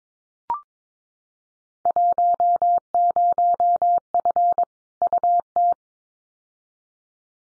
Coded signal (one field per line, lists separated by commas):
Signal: Morse code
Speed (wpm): 22 wpm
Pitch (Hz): 700 Hz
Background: none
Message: 10F UT